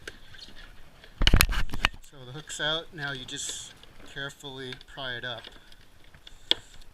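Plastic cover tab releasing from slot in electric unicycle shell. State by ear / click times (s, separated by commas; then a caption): released / 6.5 s. Someone talks while prying the plastic top cover of a Gotway Mten3 electric unicycle upward after freeing the hook, working the plastic tabs out of their slots in the shell. A burst of loud, sharp clattering comes around 1.2–1.9 seconds, then talking follows. A single sharp click at 6.5 seconds marks a plastic cover tab popping free of its slot, releasing it.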